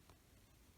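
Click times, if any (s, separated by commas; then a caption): none. A plastic safety backing washer is handled on the post of a crochet doll's safety eye (or joint), ready to be pushed on. A brief faint tick sounds at about 0.1 s over a steady low hiss. Nothing has seated or clicked yet.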